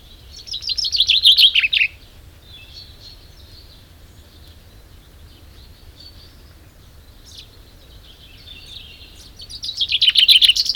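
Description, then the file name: Common chaffinch singing two fast, bright trilled phrases, one at the start and one at the end, separated by several seconds of soft, thin notes and quiet. "Fringilla coelebs"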